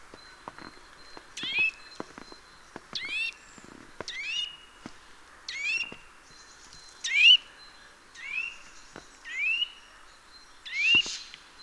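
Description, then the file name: Eurasian nuthatch calling in a series of sharp rising notes, with scattered clicks and taps. "Sitta europaea"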